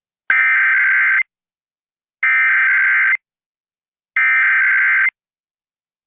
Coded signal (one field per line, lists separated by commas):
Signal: Emergency Alert System (SAME) tones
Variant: header bursts